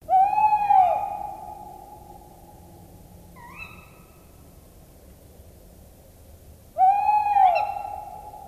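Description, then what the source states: Tawny owl hooting: a wavering low hoot, a brief rising note midway, then the quavering hoot repeats later. Trembling courtship call of the male; heard at night almost any time of year, with spring courtship and autumn hooting common, and hooting even in January in mild winters.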